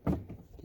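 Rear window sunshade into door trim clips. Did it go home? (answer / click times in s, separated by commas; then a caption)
yes / 0.1 s. A plastic-framed rear window sunshade for a Volvo V90 or V90 Cross Country is pressed by hand into its mounting clips on the door trim. A sharp, loud snap lands at 0.07 s, followed by a few faint softer rustles. The shade is seated in its clips and sits very snug.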